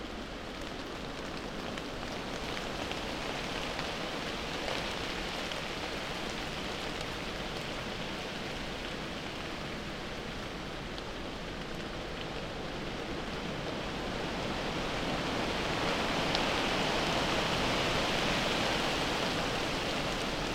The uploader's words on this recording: An hour under moorland trees (rainy and sleep safe). The flurries of rain. Blowing and sprinkling the falling raindrops over wide, waxy, sheltering leaves.